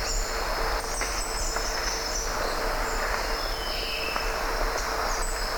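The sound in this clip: Wallace's hanging parrot uttering quick, high, thin squeaks, some in short clusters, over a steady background hum.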